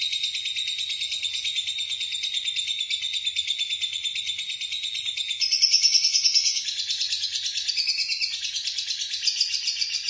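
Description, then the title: Lovebird song, a long unbroken shrill chattering trill that gets louder midway. "BM Suara Burung Lovebird"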